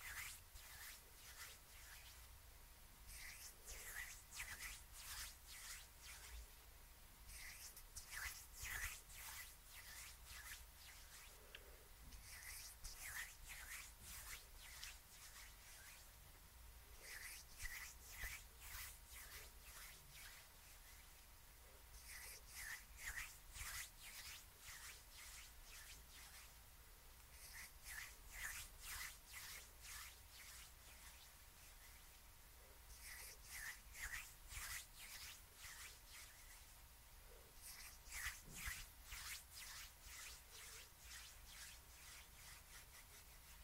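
Hand movements and scissors make bursts of quick, bright snipping and rubbing in repeated runs, over a steady low hum and a faint thin tone.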